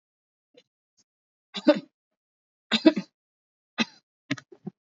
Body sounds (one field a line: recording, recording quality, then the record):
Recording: shallow voluntary cough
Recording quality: excellent, no background noise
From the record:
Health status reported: recovered from COVID-19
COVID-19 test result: negative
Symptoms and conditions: cough, fever, muscle pain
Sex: female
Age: 36 years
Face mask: worn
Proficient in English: yes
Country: India